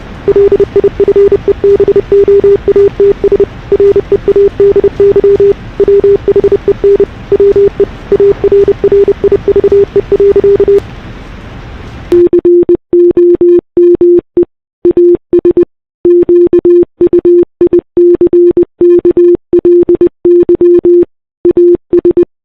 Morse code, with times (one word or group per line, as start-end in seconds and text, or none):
0.3-3.4 LIFEBOATS
3.7-5.5 READY
5.8-7.0 WHEN
7.3-7.8 WE
8.1-10.8 ARRIVE.
12.1-14.4 COME
14.8-15.6 AS
16.1-21.0 QUICKLY
21.5-22.2 AS